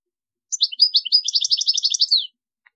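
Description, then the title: European goldfinch song, one quick phrase of bright, liquid twittering notes tumbling together for about two seconds, followed by a faint tick. "Chant Chardonneret"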